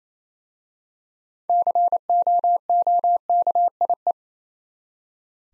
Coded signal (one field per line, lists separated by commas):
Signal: Morse code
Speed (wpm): 27 wpm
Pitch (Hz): 700 Hz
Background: none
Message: COOKIE